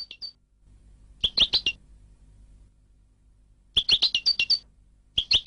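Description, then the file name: European goldfinch giving short clusters of sharp, chirpy twittered notes, with a faint low hum in the background between clusters. "audio burung goldfinch"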